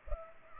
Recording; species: mosquito wingbeat signal from an infrared sensor; Culex pipiens